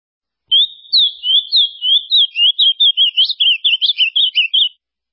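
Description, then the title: Ultramarine grosbeak delivering one sustained warbled song, starting with slower sweeping whistles and speeding into a rapid, chattering run of slurred notes, with a quiet background. "Azulao"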